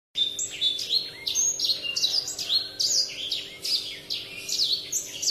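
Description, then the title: Oriental magpie-robin song, a continuous run of varied whistled phrases, many sliding down or rising sharply, delivered rapidly with almost no pauses over a steady low hum. "Kicau Kacer"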